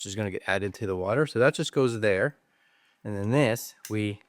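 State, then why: Not seated. Someone talks while handling a foil-sealed plastic saline pod for a Naväge powered nasal irrigation device, placing it foil side down into the pod holder. Speech fills most of the clip, with a brief quiet gap near the middle. Nothing has seated or clicked yet.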